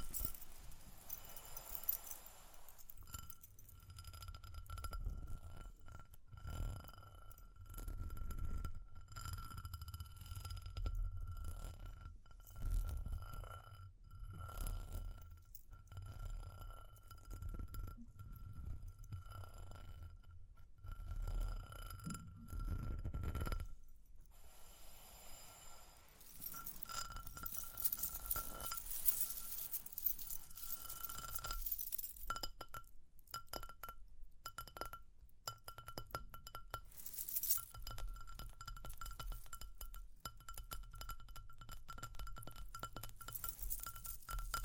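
Tapping and scratching with bright jingling, with frequent sharp taps across the whole clip and a steady high ringing tone underneath. For the first 24 seconds a low rumbling rub runs beneath the taps. After that, scratchier, hissy bursts take over, denser around 26 to 30 and 37 seconds.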